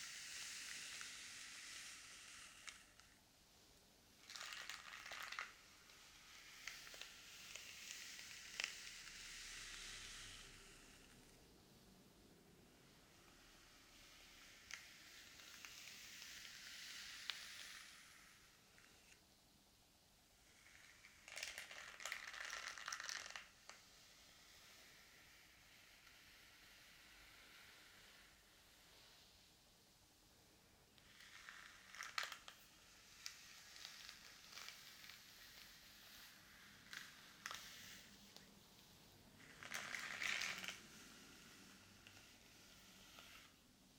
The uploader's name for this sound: Hair Brushing and Scalp Massage